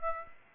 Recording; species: mosquito wingbeat signal from an infrared sensor; Aedes aegypti